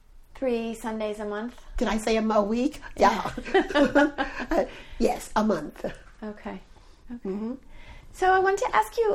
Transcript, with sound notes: Three Sundays a month.
Did I say a week? [Laughs]
Yeah. [Laughter]
Yes, a month.
Okay. Okay. So I wanted to ask you